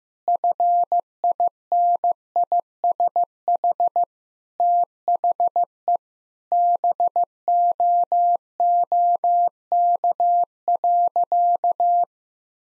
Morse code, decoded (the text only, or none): FINISH THE BOOK.